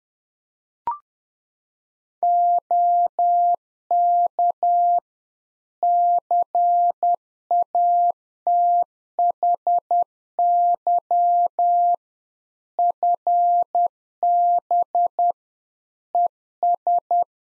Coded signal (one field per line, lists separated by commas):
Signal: Morse code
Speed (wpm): 10 wpm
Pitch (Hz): 700 Hz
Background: none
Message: OK CATHY FB ES